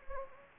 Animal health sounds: mosquito wingbeat signal from an infrared sensor; Anopheles gambiae

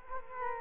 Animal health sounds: mosquito wingbeat signal from an infrared sensor; Culex quinquefasciatus

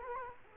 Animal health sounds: mosquito wingbeat signal from an infrared sensor; Culex quinquefasciatus

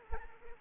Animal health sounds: mosquito wingbeat signal from an infrared sensor; Anopheles arabiensis

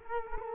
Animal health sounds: mosquito wingbeat signal from an infrared sensor; Culex quinquefasciatus

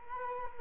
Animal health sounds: mosquito wingbeat signal from an infrared sensor; Culex quinquefasciatus

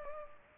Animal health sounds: mosquito wingbeat signal from an infrared sensor; Culex pipiens

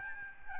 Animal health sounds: mosquito wingbeat signal from an infrared sensor; Aedes albopictus

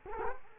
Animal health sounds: mosquito wingbeat signal from an infrared sensor; Culex quinquefasciatus

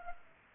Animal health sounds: mosquito wingbeat signal from an infrared sensor; Culex pipiens

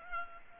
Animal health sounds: mosquito wingbeat signal from an infrared sensor; Culex pipiens

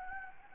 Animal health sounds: mosquito wingbeat signal from an infrared sensor; Anopheles gambiae

